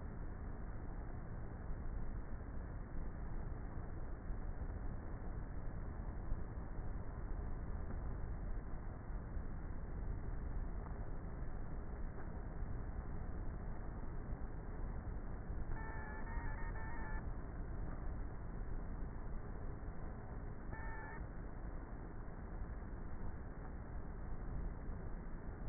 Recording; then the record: honeybee colony, microphone inside the hive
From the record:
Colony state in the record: queenless with a low population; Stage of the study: before two queens were removed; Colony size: about 30,000 bees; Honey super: no